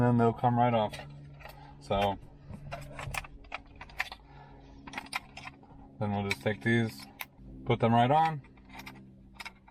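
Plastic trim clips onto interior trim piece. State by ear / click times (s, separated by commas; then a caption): not seated / none. Plastic retaining clips are handled and set onto an interior trim piece during a GR Corolla dash cam install by FITCAMX. Someone talks while small sharp plastic clicks and taps sound around 3.0 to 5.2 seconds. Nothing has seated or clicked into place yet.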